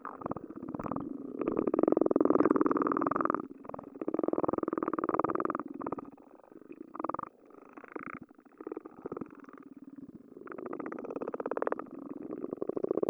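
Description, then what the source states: Underwater frog chorus of continuous rapid pulsing, louder early on, then broken into shorter rattling bouts. Frogs recorded underwater with a hydrophone.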